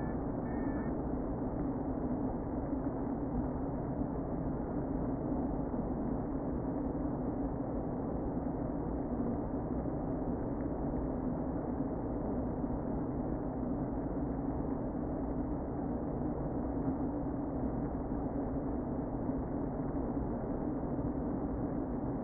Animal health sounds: honeybee colony, microphone inside the hive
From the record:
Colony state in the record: queen present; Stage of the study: before two queens were removed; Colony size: about 60,000 bees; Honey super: yes

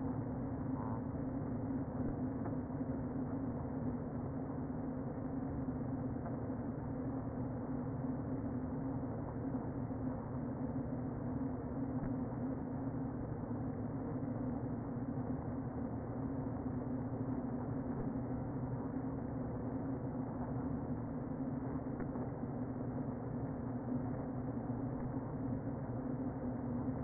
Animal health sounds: honeybee colony, microphone inside the hive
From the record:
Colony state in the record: queen present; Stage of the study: before two queens were removed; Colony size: about 60,000 bees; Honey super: yes

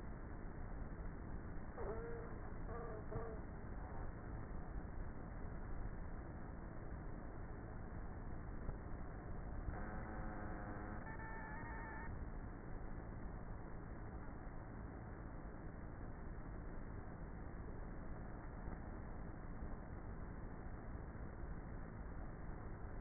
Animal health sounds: honeybee colony, microphone inside the hive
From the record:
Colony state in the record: queenless with a low population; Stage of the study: before two queens were removed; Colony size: about 30,000 bees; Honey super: no

